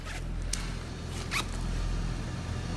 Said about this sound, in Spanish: Te bajas la cremallera.